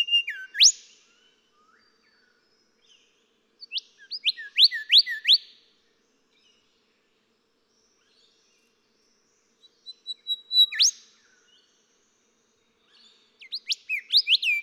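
Golden whistler songs: several phrases of ringing upslurred whistles, separated by pauses.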